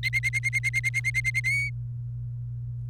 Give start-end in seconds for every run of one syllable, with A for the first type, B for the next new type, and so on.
0.03-1.40 A, 1.44-1.70 B